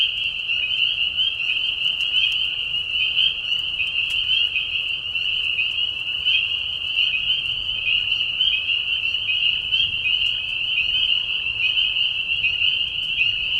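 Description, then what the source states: Spring peepers in a dense chorus, countless high whistled peeps overlapping into a steady shrill band with no pauses throughout. Several spring peepers in a marsh at night during a short spring breeding season, giving mating calls as high whistles at low volume; Tiny Marsh Conservation Area, Tiny, Ontario.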